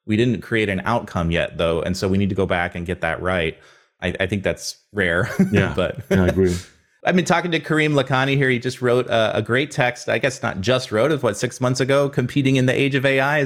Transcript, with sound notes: we didn’t create an outcome yet though, and so we need to go back and get that right.” I think that’s rare. [laughs]
Yeah, I agree.
I’ve been talking to Karim Lakhani here. He just wrote a great text-I guess not just wrote-what, six months ago, Competing in the Age of AI.